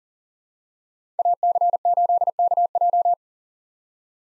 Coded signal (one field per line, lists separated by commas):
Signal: Morse code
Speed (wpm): 40 wpm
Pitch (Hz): 700 Hz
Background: none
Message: AC8KJ